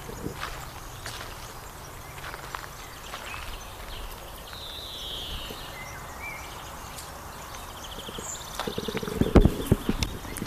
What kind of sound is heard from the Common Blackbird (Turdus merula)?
song